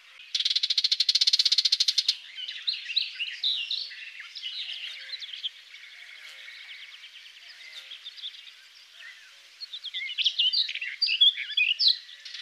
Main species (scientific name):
Sylvia nisoria